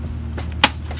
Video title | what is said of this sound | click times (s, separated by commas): Installing new carpet and restoring the interior in my AE86 GTS - Project 86: Episode 3 | we go clicks right into place so | 0.6 s